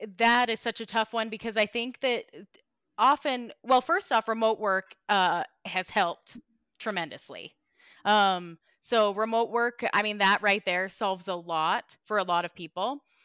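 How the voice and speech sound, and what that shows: A woman speaks fluently in a conversational tone, with ordinary pauses and fillers; ordinary clear speech.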